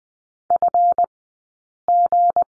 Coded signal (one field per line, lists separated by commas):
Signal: Morse code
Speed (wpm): 20 wpm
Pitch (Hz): 700 Hz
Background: none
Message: FG